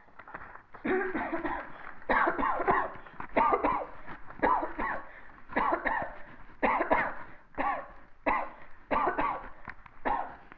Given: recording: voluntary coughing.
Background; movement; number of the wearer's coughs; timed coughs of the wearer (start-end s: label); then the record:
quiet; walking; 18
1.13-1.42 s: cough
1.42-1.71 s: cough
2.07-2.36 s: cough
2.36-2.65 s: cough
2.65-2.90 s: cough
3.34-3.60 s: cough
3.61-3.96 s: cough
4.40-4.79 s: cough
4.79-5.01 s: cough
5.53-5.83 s: cough
5.83-6.10 s: cough
6.60-6.90 s: cough
6.88-7.17 s: cough
7.57-7.84 s: cough
8.24-8.52 s: cough
8.89-9.14 s: cough
9.15-9.44 s: cough
10.03-10.27 s: cough
From the record:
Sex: female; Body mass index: 36.4 kg/m2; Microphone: on the chest, facing the body